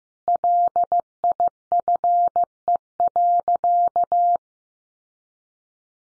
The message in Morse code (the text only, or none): LIFE.